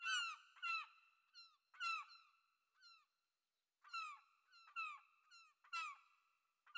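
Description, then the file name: Gull calls: loud, harsh downslurred cries in quick pairs, then a run of shorter, thinner notes with a brief pause before another burst. "Seagull"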